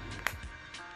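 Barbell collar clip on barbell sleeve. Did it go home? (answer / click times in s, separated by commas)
yes / 0.3 s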